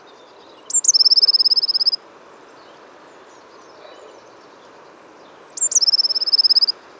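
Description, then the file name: Eurasian blue tit repeating its phrase twice about five seconds apart, each a thin high note, two sharp chips and a quick bright trill. "Cyanistes caeruleus"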